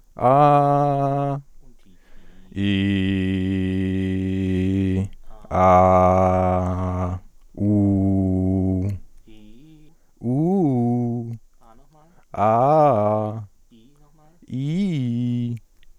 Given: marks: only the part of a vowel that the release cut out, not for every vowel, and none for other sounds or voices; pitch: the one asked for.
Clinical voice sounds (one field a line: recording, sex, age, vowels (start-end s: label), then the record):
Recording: sustained vowels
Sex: female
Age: 20 to 29 years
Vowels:
0.25-1.31 s: vowel /a/, high pitch
2.91-4.88 s: vowel /i/, low pitch
5.58-6.64 s: vowel /a/, low pitch
7.65-8.88 s: vowel /u/, low pitch
10.27-11.21 s: vowel /u/, low-high-low pitch
12.41-13.30 s: vowel /a/, low-high-low pitch
14.56-15.47 s: vowel /i/, low-high-low pitch
From the record:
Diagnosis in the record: healthy voice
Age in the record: 22 years